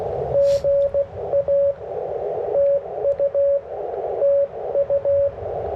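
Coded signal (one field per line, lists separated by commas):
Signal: Morse code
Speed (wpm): 17 wpm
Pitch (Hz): 590 Hz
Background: radio noise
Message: GA TU TU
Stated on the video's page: CW at a POTA activation in a national forest using a 10 m delta loop and a 30 m wire vertical.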